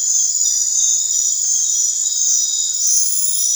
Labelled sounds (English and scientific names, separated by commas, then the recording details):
none
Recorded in dense forest near Puerto Asís, Putumayo, Colombia, on 16 December 2024 at 21:00
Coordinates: 0.468, -76.322
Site G071